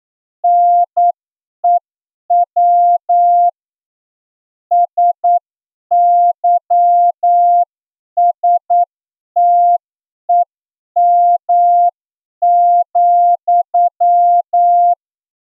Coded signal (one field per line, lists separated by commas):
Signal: Morse code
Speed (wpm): 9 wpm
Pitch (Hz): 700 Hz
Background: none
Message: NEW SYSTEM,